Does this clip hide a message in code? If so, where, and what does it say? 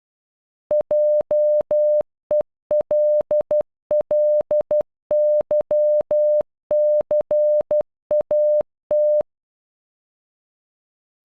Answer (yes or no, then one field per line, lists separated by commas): yes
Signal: Morse code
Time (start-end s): 0.7-9.2 s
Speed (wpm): 12 wpm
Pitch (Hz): 600 Hz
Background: none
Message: JELLYCAT